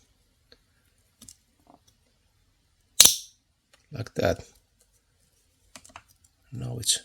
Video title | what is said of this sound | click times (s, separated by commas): HOW TO DISASSEMBLE ANDERSON FORKLIFT CONNECTOR PLUG // REMOVE AND RE INSERT ANDERSON PINS | we should hear a click sound like that. | 3.0 s